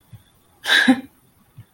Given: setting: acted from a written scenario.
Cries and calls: vocal sound without words; amusement

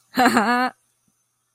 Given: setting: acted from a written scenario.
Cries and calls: vocal sound without words; triumph

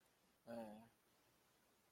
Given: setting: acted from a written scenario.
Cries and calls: vocal sound without words; disappointment

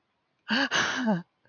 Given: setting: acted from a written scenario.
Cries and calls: vocal sound without words; positive surprise

